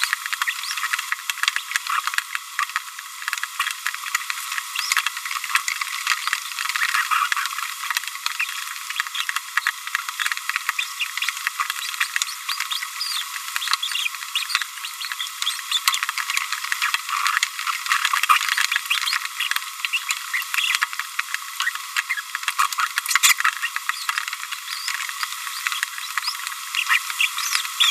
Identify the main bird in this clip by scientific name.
Forpus passerinus